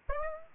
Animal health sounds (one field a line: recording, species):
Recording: mosquito wingbeat signal from an infrared sensor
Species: Aedes aegypti